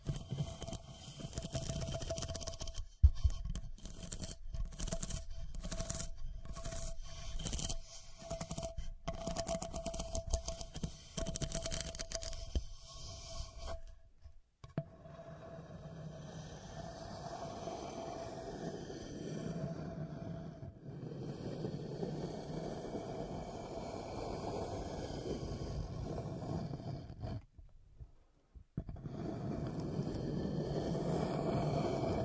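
Scratching fills the first fourteen seconds with rapid chopped bursts, quick stops and starts cutting a dense, gritty texture over a steady mid tone. After a brief silence it turns smoother and lower, a continuous rough rubbing that drops out once near twenty-eight seconds.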